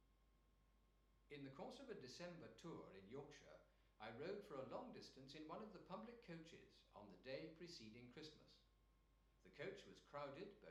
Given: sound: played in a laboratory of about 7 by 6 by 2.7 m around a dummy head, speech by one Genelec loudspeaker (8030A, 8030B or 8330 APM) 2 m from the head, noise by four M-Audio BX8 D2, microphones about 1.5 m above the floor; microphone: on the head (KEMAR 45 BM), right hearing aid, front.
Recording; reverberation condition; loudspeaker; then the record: male speech in English; medium; 90 degrees to the right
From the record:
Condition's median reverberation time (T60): about 510 ms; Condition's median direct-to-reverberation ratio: about -0.5 dB